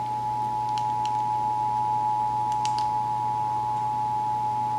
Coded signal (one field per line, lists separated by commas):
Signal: Emergency Alert System (SAME) tones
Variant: 853 and 960 Hz attention tone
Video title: (EAS #722-724) August 2024 Texas Required Monthly Test